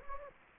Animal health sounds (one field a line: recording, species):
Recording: mosquito wingbeat signal from an infrared sensor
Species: Anopheles gambiae